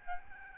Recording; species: mosquito wingbeat signal from an infrared sensor; Aedes albopictus